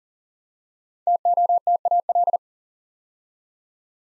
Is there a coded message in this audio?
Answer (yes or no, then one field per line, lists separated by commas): yes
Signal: Morse code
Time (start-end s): 1.1-2.4 s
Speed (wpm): 41 wpm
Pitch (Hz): 700 Hz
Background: none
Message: TOTAL